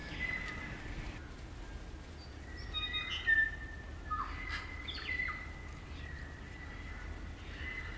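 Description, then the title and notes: Kaka whistles, eerie drawn-out tones and short falling slurs in loose bursts, over a low rumble. Kaka, a large parrot, eerie dusk chorus in late spring at Karori Sanctuary near Wellington, New Zealand. "It's late spring at the Karori Sanctuary near Wellington, New Zealand and the kakas – a large species of parrot – are singing their eerie dusk chorus. BBC Countryfile Magazine's Sound Escapes. Recorded by Margaret Bartlett."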